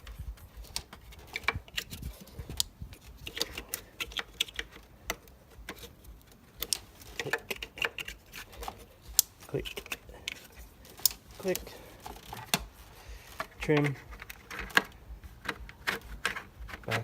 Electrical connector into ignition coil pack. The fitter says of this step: Make sure you hear your click. Click, click,